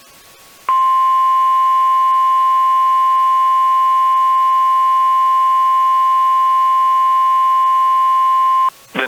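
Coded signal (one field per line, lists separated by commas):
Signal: Emergency Alert System (SAME) tones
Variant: 1050 Hz attention tone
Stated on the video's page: Mock (simulated) Tornado Warning for Dearborn, Michigan.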